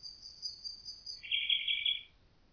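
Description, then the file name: Common nightingale song: a long thin high whistle, then a fast, rattling repeated-note phrase lasting under a second before silence. "Nachtigall"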